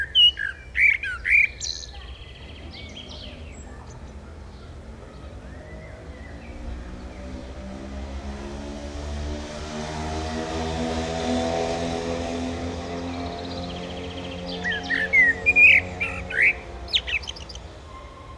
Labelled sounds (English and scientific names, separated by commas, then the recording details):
Common Blackbird (Turdus merula) song
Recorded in the wild
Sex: male
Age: adult
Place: Bielefeld-Mitte, Nordrhein-Westfalen, DE
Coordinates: 52.0083, 8.54833
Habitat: residential district
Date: 1971-06-26
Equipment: Uher 4000 Report-S, Bändchenmikro Beyer M 260, Parabolspiegel Polyester (470 mm)
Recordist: Conrads, Klaus